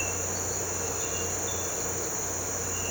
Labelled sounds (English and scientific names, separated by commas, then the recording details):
none
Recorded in pastures near Puerto Asís, Putumayo, Colombia, on 9 March 2025 at 07:00
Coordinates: 0.466, -76.322
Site CSA-02